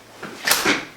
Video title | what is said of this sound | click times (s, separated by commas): Contours Options Elite vs Contours Curve Stroller Comparison | it locks into place | 0.2 s